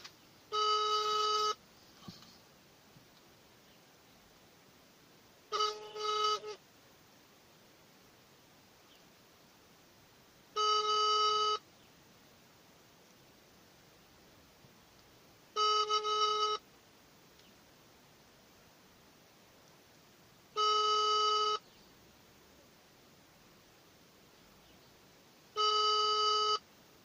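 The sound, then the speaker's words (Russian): A phone's ringback tone repeats six times, each electronic burst lasting about a second with roughly four seconds of quiet hiss between, and nobody picks up. “В общем, не беру трубку, видите, будем продолжать дальнейшее общение по СМС.”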